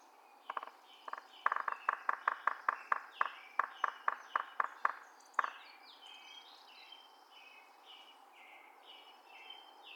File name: Yellow-bellied Sapsucker drumming and calls